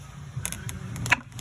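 A persimmon wood slide-bolt slides through the grooved cypress frame of a Dutch door latch, giving a few light taps at about 0.5 s, 0.7 s and 1.1 s. A sharp click at 1.1 s marks the wooden bolt seating in place.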